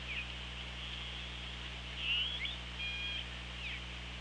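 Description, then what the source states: Killer whale calls: short chirping fragments and a brief flat whistled tone in the middle, over steady hiss and low humming noise. Recorded by an OrcaLab hydrophone on 24 August 2017 at 17:20.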